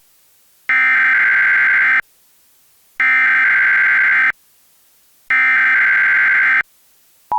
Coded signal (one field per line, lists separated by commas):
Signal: Emergency Alert System (SAME) tones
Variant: header bursts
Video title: EAS Alert - October 23, 2077 (Fake, duh)